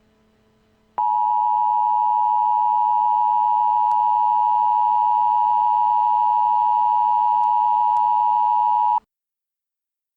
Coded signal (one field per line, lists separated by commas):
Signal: Emergency Alert System (SAME) tones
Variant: 853 and 960 Hz attention tone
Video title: Eas Scenario: Virginia Tornado Outbreak